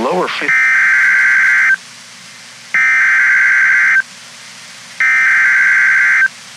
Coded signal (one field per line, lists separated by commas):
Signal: Emergency Alert System (SAME) tones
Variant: header bursts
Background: speech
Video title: EAS #2- Severe Thunderstorm Warning- Our County!